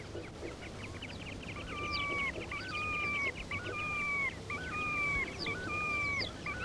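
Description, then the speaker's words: Terek sandpiper calling: a series of short whistled notes that slur slightly downward, each with a lower parallel tone, and faint clipped notes above. Several birds calling to each other on river shoals. "На речных отмелях перекликаются кулики-мародунки."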